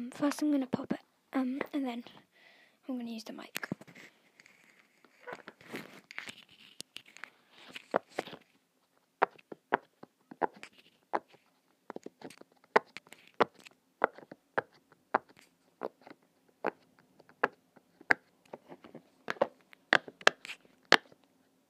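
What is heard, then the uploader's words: Mic noises made with long nails and squelchy slime. The opening seconds bring a few longer, sweeping rubs with low swirling tones, then sharp clicks and taps take over, coming irregularly about every half second, bright and crisp, with sticky squelches between them. Mic noises with long nails, Mike dipped in squelchy tore out slime and blu tack and other noise.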